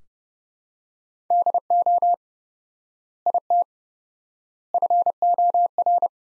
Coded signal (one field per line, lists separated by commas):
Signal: Morse code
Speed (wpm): 30 wpm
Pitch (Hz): 700 Hz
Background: none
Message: DO IT FOR